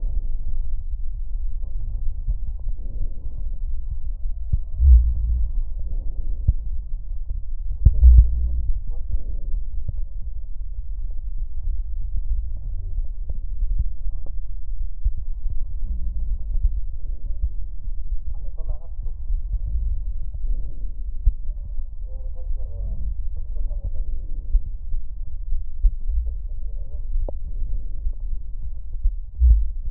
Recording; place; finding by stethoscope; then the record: heart sounds by stethoscope; aortic valve (AV); metallic prosthetic valve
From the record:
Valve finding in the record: metallic prosthetic valve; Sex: male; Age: 73 years